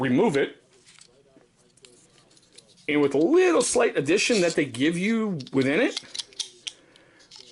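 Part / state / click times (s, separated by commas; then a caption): add-on attachment piece into a fixed-blade knife sheath / seated / 6.7 s. Someone talks while an add-on attachment piece supplied with the sheath of a Gerber Strongarm fixed-blade knife with BDZ-1 steel is pressed into the sheath, with faint handling ticks around it. The piece snaps into place with a sharp click at 6.7 s, and it is seated.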